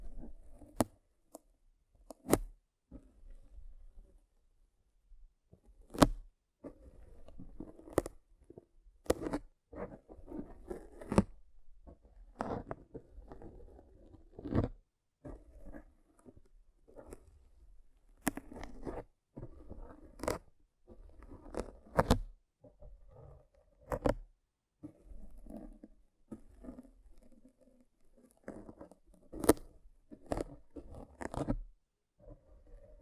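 Rough brain cleaning and picking: irregular wet crunches, tearing and sharp clicks, with sudden loud snaps every few seconds over a quiet background.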